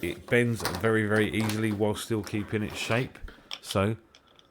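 Someone talks while handling a Fluval FX2 canister filter's bent hose, which is about to have its plastic clip pushed into the plastic hose-shaping cradle. A few faint small taps follow the speech near the end, but the clip has not yet snapped into the cradle; nothing has seated or clicked yet.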